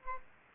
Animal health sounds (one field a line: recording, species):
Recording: mosquito wingbeat signal from an infrared sensor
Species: Aedes aegypti